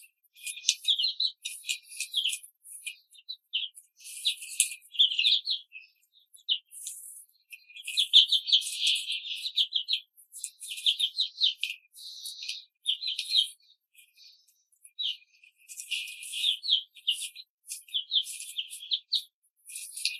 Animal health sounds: young laying hens in a cage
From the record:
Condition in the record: control cage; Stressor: none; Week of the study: 5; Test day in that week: 1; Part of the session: 2

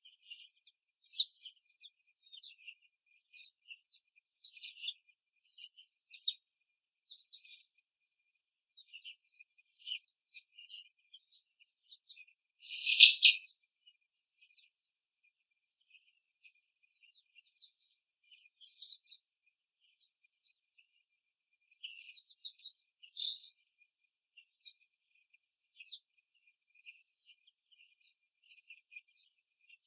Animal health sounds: young laying hens in a cage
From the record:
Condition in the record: before the stressor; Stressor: simulated dog barking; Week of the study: 3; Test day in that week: 1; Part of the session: 4

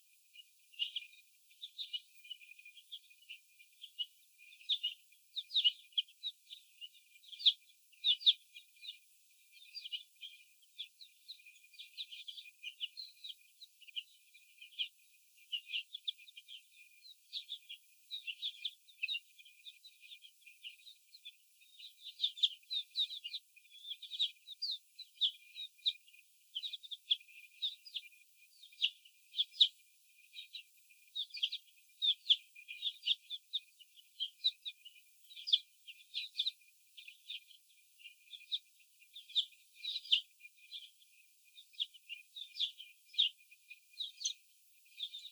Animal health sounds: young laying hens in a cage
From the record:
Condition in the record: after the stressor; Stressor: sudden umbrella opening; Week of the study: 2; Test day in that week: 1

